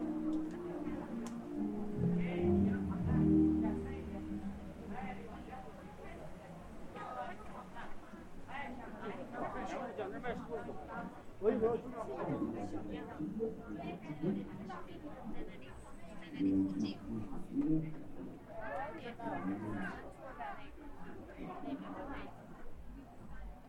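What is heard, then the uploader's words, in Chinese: At Hongyadong in Chongqing, many voices overlap in steady crowd chatter, with louder nearby talk around three and twelve seconds. 重庆洪崖洞。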